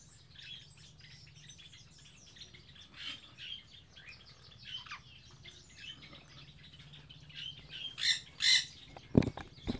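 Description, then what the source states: Birds chirping softly and irregularly, growing louder and harsher toward the end, with a low steady hum beneath. Captive birds in an aviary on Spetses.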